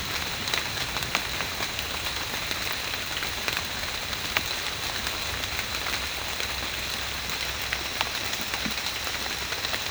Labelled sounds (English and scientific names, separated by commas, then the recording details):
none
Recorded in secondary vegetation near Puerto Asís, Putumayo, Colombia, on 21 March 2025 at 13:00
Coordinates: 0.502, -76.326
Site G100